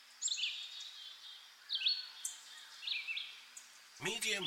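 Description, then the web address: Birds singing short downslurred whistled phrases, a louder harsh sound breaking in at the end. Birds in a park. "lynne-publishing Nature Ambience Birds In a Park"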